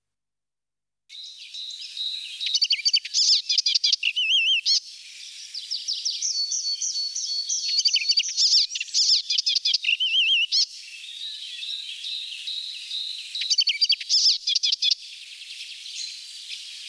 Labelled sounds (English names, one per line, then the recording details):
Icterine Warbler song
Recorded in the wild
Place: Balaton / Hubertuspark, HU
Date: 1990-06-01
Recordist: Schwarz, Dieter
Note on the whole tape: Song